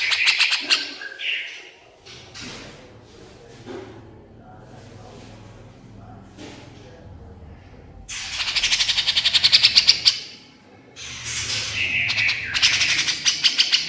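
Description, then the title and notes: Horsfield's bush lark song: an opening buzzy burst, a quieter middle with scattered soft notes, then loud rapid chattering trains and slurred phrases. Masteran (tutor) recording of branjangan song for training songbirds, described as super gacor (singing constantly). "MASTERAN KICAUAN BRANJANGAN SUPER GACOR. cucak jenggot"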